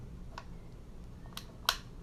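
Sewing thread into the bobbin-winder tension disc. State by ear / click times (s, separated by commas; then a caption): seated / 1.7 s. Sewing thread is wound around the bobbin-winder tension disc on a sewing machine until it slips into place. A few faint ticks come before a sharp, bright click at 1.7 s as the thread seats in the disc.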